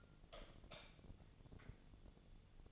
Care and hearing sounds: daily activity, microphone in the room; light off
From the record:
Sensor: 4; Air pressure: 1000.9 hPa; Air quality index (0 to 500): 124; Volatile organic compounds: 1 ppm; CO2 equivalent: 933 ppm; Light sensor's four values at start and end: 33/82/34/37 and 31/76/32/34

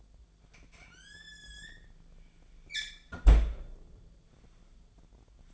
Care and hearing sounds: daily activity, microphone in the room; close fridge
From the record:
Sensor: 5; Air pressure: 1009.8 hPa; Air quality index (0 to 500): 163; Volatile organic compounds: 4 ppm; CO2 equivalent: 1586 ppm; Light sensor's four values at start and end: 114/292/122/130 and 112/290/120/128

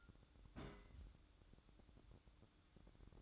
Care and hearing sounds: daily activity, microphone in the room; place on stove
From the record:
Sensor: 3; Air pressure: 1007.9 hPa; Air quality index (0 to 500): 114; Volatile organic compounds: 1 ppm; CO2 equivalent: 952 ppm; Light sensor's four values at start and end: 9/22/9/9 and 9/22/9/9

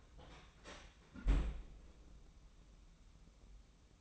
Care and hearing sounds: daily activity, microphone in the room; close fridge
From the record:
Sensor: 1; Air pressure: 994.5 hPa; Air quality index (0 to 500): 220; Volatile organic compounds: 1000 ppm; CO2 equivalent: 7923 ppm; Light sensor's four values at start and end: 97/217/97/103 and 98/217/97/103

